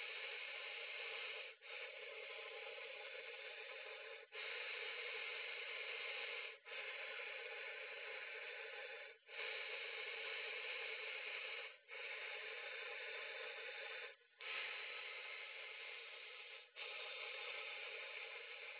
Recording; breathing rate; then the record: paced breathing near a phone; 12 breaths a minute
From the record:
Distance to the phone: 20 cm